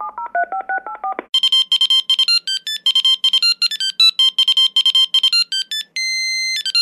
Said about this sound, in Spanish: Sacó su móvil y se puso a marcar.